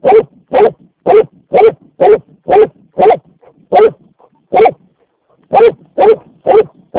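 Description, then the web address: Dog barking repeatedly, about twelve loud barks at a quick pace, with a longer gap or two in the later half. "Vekku. taperan koirat"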